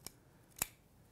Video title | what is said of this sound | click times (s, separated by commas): How to Setup the LunaGrip Speedlight Modifier | and they snap right into place | 0.1 s, 0.6 s